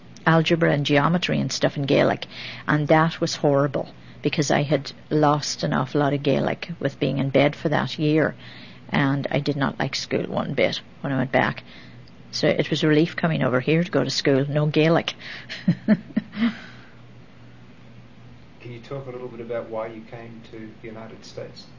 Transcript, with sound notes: algebra and geometry and stuff in Gaelic, and that was horrible, because I had lost an awful lot of Gaelic with being in bed for that year, and I did not like school one bit when I went back. So it was a relief coming over here to go to school. No Gaelic. (She laughs.)
Can you talk a little bit about why you came to the United States?